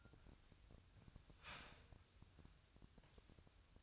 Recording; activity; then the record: daily activity, microphone in the room; start toaster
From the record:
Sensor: 2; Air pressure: 1001.8 hPa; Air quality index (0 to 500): 244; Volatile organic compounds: 36 ppm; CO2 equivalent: 3083 ppm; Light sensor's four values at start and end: 10/31/12/12 and 10/31/12/12